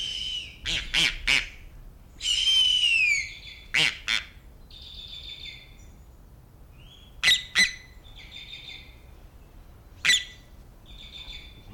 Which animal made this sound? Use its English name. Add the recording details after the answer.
Harpy Eagle. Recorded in captivity. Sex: pair. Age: subadult. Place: Tiergarten Nürnberg, Bayern, DE. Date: 1995-09-08. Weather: sonnig, ca. 11°C. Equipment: Nagra SN, Sennheiser ME 80, Kopie Uher 4000 Report Monitor. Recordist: Tembrock, Günter. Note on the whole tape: Aufzuchtstation: fast adulte Tiere: Männchen - Lautfolgen, Weibchen - Langlaute, auf Beobachter bezogen